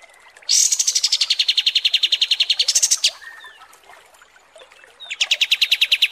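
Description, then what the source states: Kapas tembak song: a long, rapid, high rattling trill of about two and a half seconds, a pause with soft calls, then the trill begins again. Masteran training recording of kapas tembak song.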